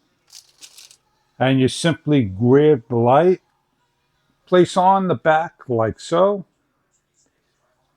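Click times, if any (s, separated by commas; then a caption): none. A plastic SOMST solar step light is placed against its mounting plate on the back and lined up before being slid on so both sides lock. Faint handling taps come at about 0.4 s and 0.9 s, then someone talks. Nothing has seated or clicked yet.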